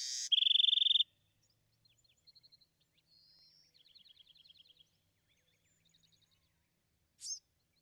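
Bewick's wren song, a loud buzzy trill followed by quieter rapid trills and faint high notes, ending with a single sharp note.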